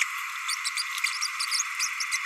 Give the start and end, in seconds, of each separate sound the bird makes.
1.51-1.63, 1.80-1.88